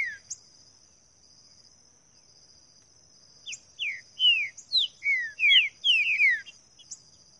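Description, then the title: Green-winged saltator singing a rapid run of clear, descending whistled slurs in the second half, with a continuous shrill insect hum behind. Singing in the wild bush; song style labelled 'voz 08'. "Canto De Trinca Ferro Voz 08. TRINCA FERRO CANTANDO NO MATO"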